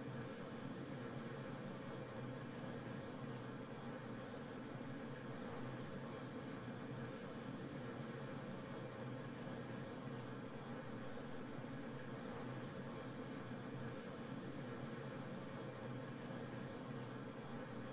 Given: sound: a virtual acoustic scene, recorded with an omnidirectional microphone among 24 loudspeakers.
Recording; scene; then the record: noise of the scene; olnoise from 90 degrees (S0N90)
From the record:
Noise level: 65 dB SPL